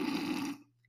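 A single abrupt, rough nasal snort lasting about half a second, then quiet. It is an adult's imitation of a child's vocal tic, a repeated nose-clearing noise. Tics like this are quick, rapid, brief and repeated but not rhythmic.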